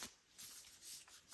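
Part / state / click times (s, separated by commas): plastic spray trigger handle onto aerosol can / not seated / none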